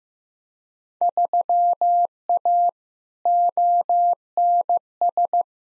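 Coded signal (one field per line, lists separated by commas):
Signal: Morse code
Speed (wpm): 15 wpm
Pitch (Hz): 700 Hz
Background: none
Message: 3A ONS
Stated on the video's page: Morse practice of Field Day exchanges at 15wpm for head-copy, each sent twice.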